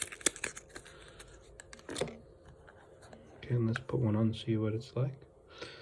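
A Signia Active Pro rechargeable hearing aid is taken out and handled so a part, either a dome or the aid itself, can be fitted onto its receiver or into its charger. Short sharp handling ticks come in the first half second, then a quieter stretch and someone talking. The clip ends before the part goes home, so nothing has seated or clicked yet.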